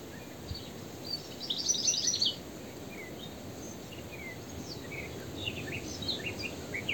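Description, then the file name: European goldfinch giving a short burst of high, tinkling twittering notes, followed by scattered faint chirps over a steady broad background hiss. "Carduelis carduelis"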